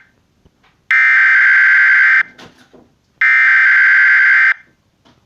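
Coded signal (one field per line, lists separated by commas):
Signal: Emergency Alert System (SAME) tones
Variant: header bursts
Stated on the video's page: Fictional EAS scenario.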